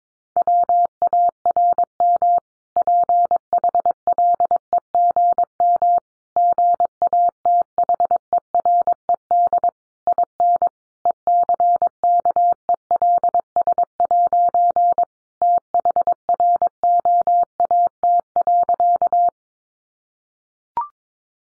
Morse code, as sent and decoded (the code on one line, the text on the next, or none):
.-- .- .-. -- / .--. .... .-.. . --. -- / --. .- - .... . .-. . -.. / .. -. / . -.-. -.- . .-.. ... .----. / - .... .-. --- .- - .-.-.-
WARM PHLEGM GATHERED IN ECKELS' THROAT.